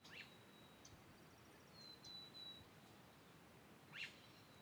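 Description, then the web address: Birds giving thin, high, drawn-out whistles and a few short chirps, over background wind noise. Spring field ambience in the Pacific Northwest, with wind, recorded in mid-side stereo. "Raconteur Sound - Spring in the Pacific Northwest- Ambiences Amb, Field, Birds, Wind"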